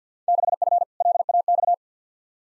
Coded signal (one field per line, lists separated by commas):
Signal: Morse code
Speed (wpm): 49 wpm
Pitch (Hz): 700 Hz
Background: none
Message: 6F LAX